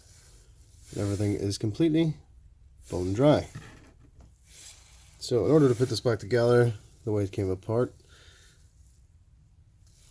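Someone talks while reassembling a dried-out, completely dry passenger power window switch from a BMW E92 320i M Sport, handling the plastic part that goes back into the switch housing. Faint handling noises sit between the speech. Nothing has seated or clicked yet.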